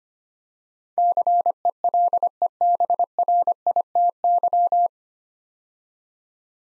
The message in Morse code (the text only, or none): CELEBRITY